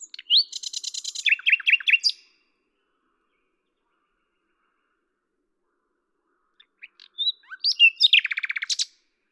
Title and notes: D83, 01350 Lavours, France - rossignol à LAVOURS. 10/05/1998 Tascam DAP-1 Micro Télingua